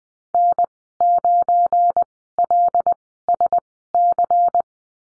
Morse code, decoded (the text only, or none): N9LSC